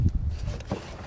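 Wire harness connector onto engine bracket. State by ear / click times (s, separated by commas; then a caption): not seated / none. A wire harness connector is slid back onto its engine mounting bracket on a 2008–2013 Toyota Highlander during spark plug and coil replacement, with low rubbing and scraping handling sounds and a brief louder knock at 0.7 s. The connector has not clicked into place yet by the end of the clip.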